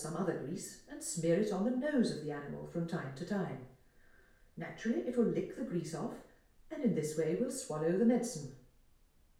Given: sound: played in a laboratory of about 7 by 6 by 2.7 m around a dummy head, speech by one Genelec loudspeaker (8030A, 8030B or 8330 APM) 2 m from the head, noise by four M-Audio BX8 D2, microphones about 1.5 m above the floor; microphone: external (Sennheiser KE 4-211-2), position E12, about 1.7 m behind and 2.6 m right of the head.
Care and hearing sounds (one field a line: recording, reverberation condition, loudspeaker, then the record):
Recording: female speech in English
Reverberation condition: medium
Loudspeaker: 60 degrees to the left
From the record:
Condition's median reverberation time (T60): about 510 ms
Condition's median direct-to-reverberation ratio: about -0.5 dB